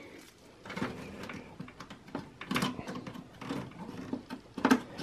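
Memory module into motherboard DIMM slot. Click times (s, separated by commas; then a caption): 2.4 s, 4.7 s. A DDR3 memory stick is pressed into a DIMM slot on the motherboard of an HP Compaq Pro 6300 until both white retaining clips snap shut. Faint rustling and handling noise lead up to two sharp clicks at 2.4 s and 4.7 s, and the module is seated and properly installed. Someone talks.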